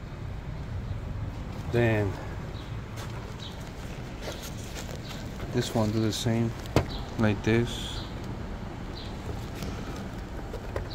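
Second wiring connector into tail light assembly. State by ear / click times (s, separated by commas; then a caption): not seated / none. The second plastic electrical wiring connector is being handled and pushed toward the tail light assembly of a 2013–2016 GMC Acadia during a tail light replacement. Someone talks over a steady low background noise, with brief handling sounds. Nothing has seated or clicked yet.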